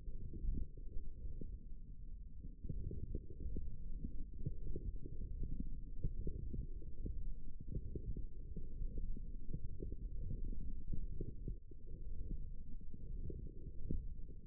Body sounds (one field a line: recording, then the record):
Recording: forearm muscle sounds (acoustic myography)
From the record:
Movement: forearm pronation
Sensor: system 1, eight BSWA MPA416 microphones around the upper forearm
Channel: 4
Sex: male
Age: 18 years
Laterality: right